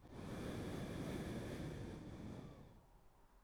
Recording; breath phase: one breath near a microphone; exhalation